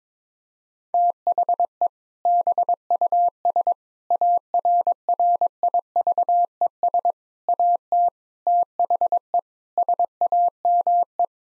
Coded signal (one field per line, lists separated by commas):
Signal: Morse code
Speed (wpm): 22 wpm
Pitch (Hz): 700 Hz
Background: none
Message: THE BUS ARRIVES AT THE SAME